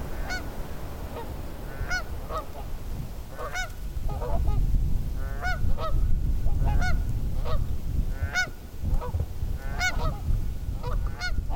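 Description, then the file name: Canada goose giving many repeated nasal honks in irregular bursts over a steady low rumble. "Tamarac Whispers Canada Goose"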